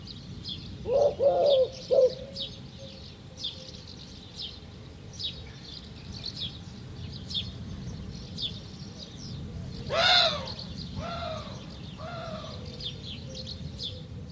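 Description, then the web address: Bird calls: a few short mid-pitched notes near the start, a loud harsh call around ten seconds with fainter following notes, and many faint high chirps over low steady background noise. "Bird Only"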